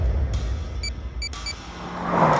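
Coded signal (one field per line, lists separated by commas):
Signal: none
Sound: car lock chirp beeps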